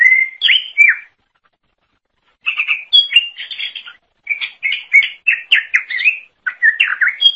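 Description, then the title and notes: Leafbird song: clear slurred whistles and chattering notes in short bursts with pauses, pitch jumping up and down. "Suara Kicauan Burung Cucak Ijo"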